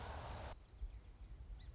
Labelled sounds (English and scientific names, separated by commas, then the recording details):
Song Sparrow (Melospiza melodia)
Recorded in Sonoma County, California